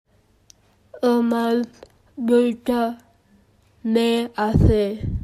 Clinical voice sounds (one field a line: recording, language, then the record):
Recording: elicited speech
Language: Bengali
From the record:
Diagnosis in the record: Broca's or global aphasia after a stroke